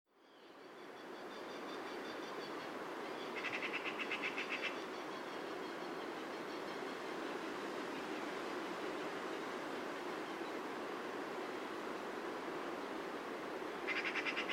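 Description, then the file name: Eurasian magpie making a dry, rattling chatter: a burst of fast repeated chacks, then a second burst at the end, over a steady noisy background. "Pica pica"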